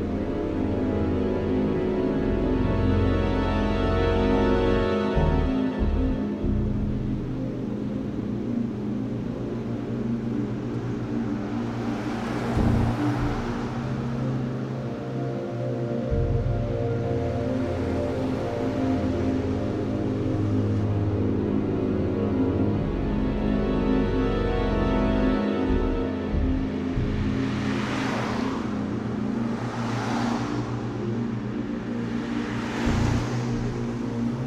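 Traffic and a riding vehicle rumble steadily under a dense, sustained musical drone, with brighter whooshing swells around 12, 18, and 28–32 seconds.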